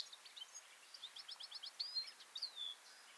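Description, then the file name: European goldfinch calls, a quick series of bright ticking notes followed by twittered slurs and a drawn-out descending whistle, over faint hiss. "Carduelis carduelis"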